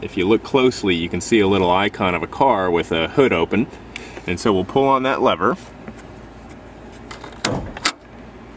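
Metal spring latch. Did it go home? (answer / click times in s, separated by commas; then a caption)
released / 7.5 s, 7.9 s. On a 2003 Chevy Avalanche pickup truck, the interior hood release lever, marked with a small icon of a car with its hood open, is pulled while someone talks. Sharp clicks at 7.5 s and 7.9 s follow as the hood latch at the front releases open.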